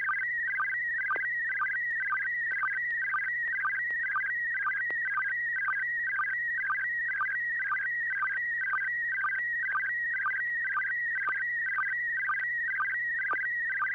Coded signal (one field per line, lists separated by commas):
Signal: SSTV (slow-scan television)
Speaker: over to you Bill see what you copied and what you make of that picture